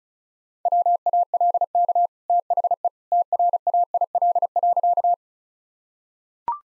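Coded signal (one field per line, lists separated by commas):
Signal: Morse code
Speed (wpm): 34 wpm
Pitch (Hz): 700 Hz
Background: none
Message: WALK THE TRAIL.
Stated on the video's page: Morse practice sentences at 35 wpm with contextual hints, sent as a copying drill.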